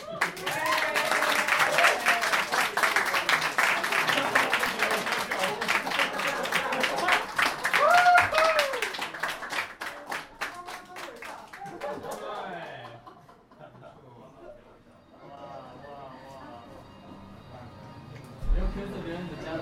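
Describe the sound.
An audience breaks into dense, steady applause, many hands clapping loudly for about twelve seconds before it thins out and fades, with voices talking over the tail end.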